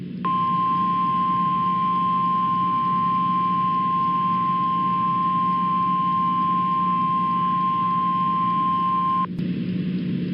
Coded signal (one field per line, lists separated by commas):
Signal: Emergency Alert System (SAME) tones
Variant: 1050 Hz attention tone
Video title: SUPER RARE! Real Immediate Evacuation Alert for Logan County, Oklahoma! (EAS 225)